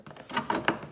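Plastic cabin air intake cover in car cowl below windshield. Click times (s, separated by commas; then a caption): 0.7 s. On a Mercedes C300 W205, the plastic cabin-air-intake cover (filter housing) in the cowl below the windshield is pulled out of its clips while the hood is held up. Several light plastic clicks and rustles occur, and the loudest, sharpest pop at 0.7 s is the cover releasing from its clips.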